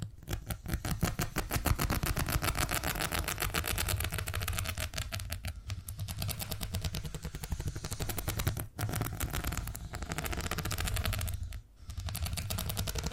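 A steady, fast purring rumble runs throughout, made of rapid regular pulses with a deep low hum underneath and a rough, buzzing top. The texture stays dense and even, broken only by two brief dips in level, near nine and twelve seconds.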